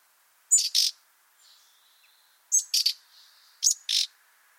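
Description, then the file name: Common nightingale calls: three clusters of two or three rough, sharp notes, separated by soft, level whistles. "Luscinia megarhynchos"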